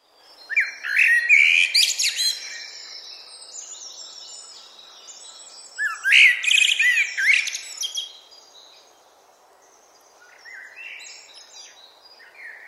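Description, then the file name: Common blackbird singing two rich warbled phrases, each rising into thin high twittering, then a softer, shorter phrase near the end after a long pause. "Turdus merula"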